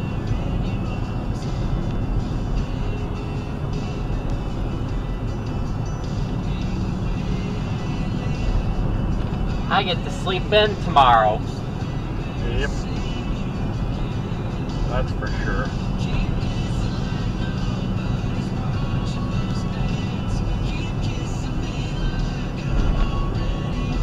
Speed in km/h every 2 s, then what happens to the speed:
61, 60, 60, 61, 64, 61, 63, 63, 63, 63, 61, 60.
0-24 steady at about 61.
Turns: none.